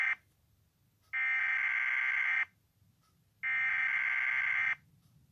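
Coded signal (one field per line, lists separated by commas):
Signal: Emergency Alert System (SAME) tones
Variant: header bursts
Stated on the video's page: Fictional EAS scenario.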